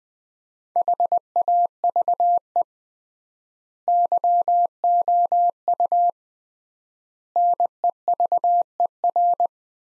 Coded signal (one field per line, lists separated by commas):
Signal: Morse code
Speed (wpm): 20 wpm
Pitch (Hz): 700 Hz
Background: none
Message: HAVE YOU NEVER